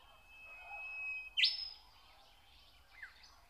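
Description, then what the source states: Nightingale song phrase: a sustained thin whistle breaks into a loud rasping upward sweep, followed by a brief falling note, with other birds chattering behind. Song recorded in spring.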